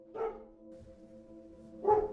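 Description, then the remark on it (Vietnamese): A dog gives two loud, sharp barks late at night, one at the start and one near the end, with a quiet stretch of low background hum between them. “Định nói cái gì thêm nữa thì tiếng chó ở đâu sủa lên rất là ghê.”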